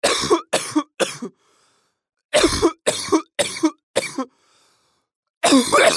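An adult coughing: a run of three short coughs, a pause, four more coughs, then another pause and a final cough.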